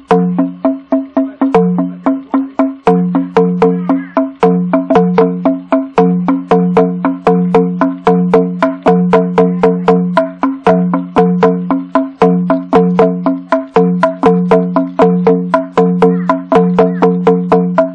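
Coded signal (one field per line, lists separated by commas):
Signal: talking drum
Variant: Bora manguaré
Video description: Muuaá Mebyeuwááíí (Llamamos para compartir). Particularmente este golpe se aplica en el maguaré para llamar a los vecinos(as) indígenas que circundan a la población que llama, se llama para compartir la pesca y/o caza que haya resultado abundante.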